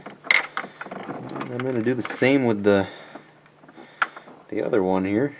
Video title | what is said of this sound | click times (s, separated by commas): Switch Back LED Turn Signal With Resistor Install | with that rolled edge up. Push it in until you hear it click. | 0.3 s